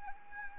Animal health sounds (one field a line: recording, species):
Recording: mosquito wingbeat signal from an infrared sensor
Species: Anopheles arabiensis